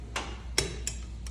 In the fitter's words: This torque wrench is going to be a little bit more accurate than torque stick, but you just want to make sure you hear that click.